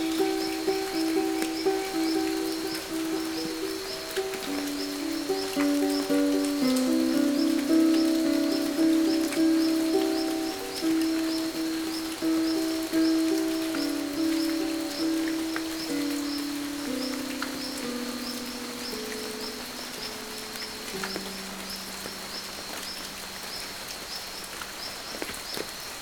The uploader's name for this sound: Rainy jungle morning